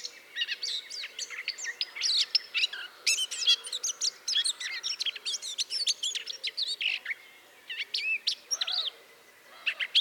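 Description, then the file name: Eurasian blackcap song: dense, hurried chatter of chirps and warbled notes for most, thinning out toward the end. "Sylvia atricapilla"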